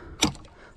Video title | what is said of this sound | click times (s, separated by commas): SeaEagle FishSkiff16 - Bixpy Bow Mount Pole Steer Installation | It locks into place, | 0.2 s